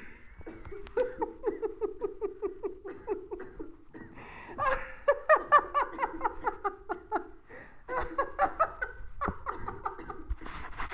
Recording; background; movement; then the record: laughter; a bystander coughing; sitting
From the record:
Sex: female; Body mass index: 21.8 kg/m2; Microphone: on the chest, facing the body